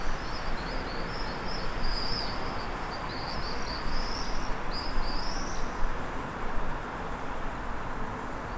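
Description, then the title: Common swifts utter thin, high screaming trills in a run over the first six seconds, then stop, leaving a constant low rumble of background noise. Several common swifts recorded from an apartment in Staré Mesto, Slovakia. "Staré Mesto, Slovenská republika - common swifts"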